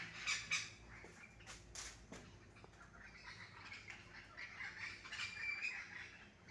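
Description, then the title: Parakeet flock squawking harshly, a few loud screeches at the start, then a steady rough chatter with occasional thin whistled notes. Wild green parakeets feeding noisily on mangoes in a garden mango tree at 6:15 AM, possibly squabbling, with mangoes falling. "El Canto de los pericos en la mata de Mango"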